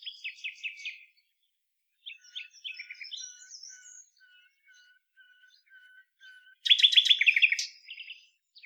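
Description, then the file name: Common nightingale song: stuttering clipped notes, a slow series of soft pure whistles, then a sudden loud rapid throbbing trill and closing twitters. "Luscinia megarhynchos"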